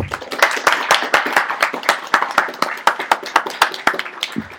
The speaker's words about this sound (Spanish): Señores, me gustaría darles un aplauso a ustedes para contar todas mis tonterías. Muchísimas gracias.